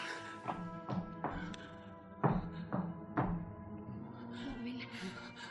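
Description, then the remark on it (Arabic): A door is shut amid a flurry of dull wooden knocks and thuds, with one heavier bang in the middle, all over a steady low humming tone. “أغلق الباب. أسرعي أسرعي.”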